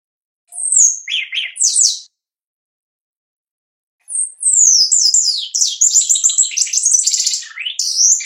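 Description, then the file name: Shiny cowbird singing a short gurgling phrase of high slurred whistles and lower burry notes, then after a pause a long rapid cascade of descending liquid notes. "canto do chupim"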